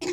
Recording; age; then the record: pig call; weaner (32 to 43 days)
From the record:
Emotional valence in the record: negative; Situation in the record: short isolation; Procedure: open field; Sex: female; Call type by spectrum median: low-frequency call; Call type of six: high-frequency stable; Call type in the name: high-frequency stable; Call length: 0.13 s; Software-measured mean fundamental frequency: 173 Hz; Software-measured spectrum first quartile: 356 Hz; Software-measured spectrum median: 841 Hz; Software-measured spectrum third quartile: 3950 Hz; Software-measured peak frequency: 346 Hz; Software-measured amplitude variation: 99 dB a second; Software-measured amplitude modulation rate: 19.6 a second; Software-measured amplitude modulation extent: 5.0 dB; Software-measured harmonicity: 7.3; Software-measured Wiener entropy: -2.97